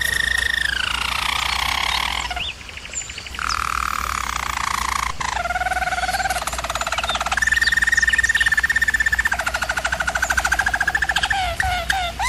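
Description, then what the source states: German Roller canary song: descending rolled tour, a short pause, then several held trills at shifting pitch levels, ending with quick upswept notes. Singing used for canary training.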